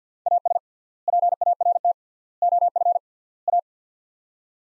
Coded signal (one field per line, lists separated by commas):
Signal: Morse code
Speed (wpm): 50 wpm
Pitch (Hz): 700 Hz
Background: none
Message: AS PART OF A